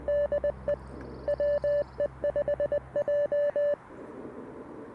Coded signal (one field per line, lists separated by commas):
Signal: Morse code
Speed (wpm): 20 wpm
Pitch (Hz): 580 Hz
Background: music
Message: DE WE5J